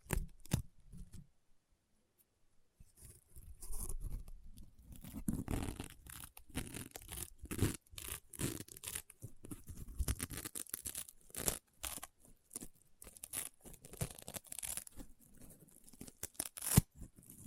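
Slime is squished and pulled in dense, crunchy bursts of crackling and sharp pops, quiet for a moment near two seconds, then nearly continuous.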